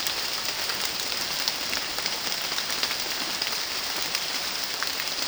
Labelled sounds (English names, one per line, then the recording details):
none
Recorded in secondary vegetation near Puerto Asís, Putumayo, Colombia, on 30 June 2025 at 17:00
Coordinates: 0.485, -76.322
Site GP06